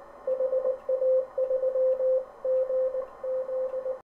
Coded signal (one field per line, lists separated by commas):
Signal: Morse code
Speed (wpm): 19 wpm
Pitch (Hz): 520 Hz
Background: none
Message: HA3GZ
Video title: Morse magic